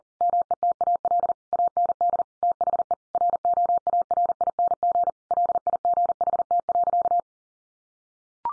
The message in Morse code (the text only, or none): METAL AND THE ROARING LIGHT.